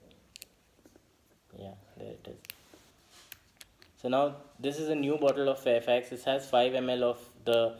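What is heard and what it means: The twisted-off screw cap of a new, filled small plastic bottle of Fairfax hair-oil additive holding 5 ml of liquid clicks open with two sharp clicks at about 0.4 s. A few more small ticks follow around 3.3–3.8 s, and then someone talks.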